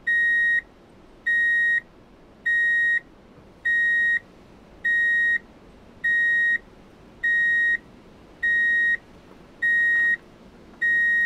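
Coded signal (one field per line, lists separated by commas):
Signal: none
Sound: reversing vehicle warning beeps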